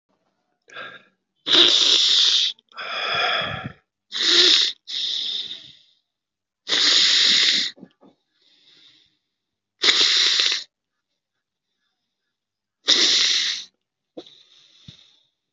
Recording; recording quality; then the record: deep breathing; excellent, no background noise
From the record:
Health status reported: COVID-19 positive, mild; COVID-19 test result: positive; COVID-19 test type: RT-PCR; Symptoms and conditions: cough, cold, fever, fatigue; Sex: male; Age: 47 years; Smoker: no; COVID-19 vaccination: both doses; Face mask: worn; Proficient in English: yes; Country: India